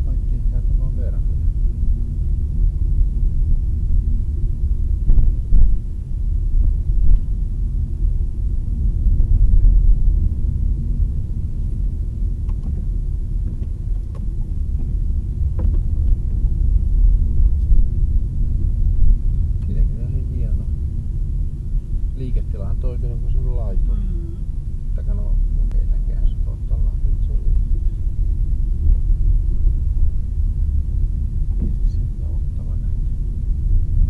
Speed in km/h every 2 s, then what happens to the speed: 23, 23, 22, 24, 25, 26, 23, 24, 26, 25, 22, 20, 21, 22, 22, 23, 24.
0-17 steady at about 24. 17-23 slows to 20. 23-34 steady at about 22.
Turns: none.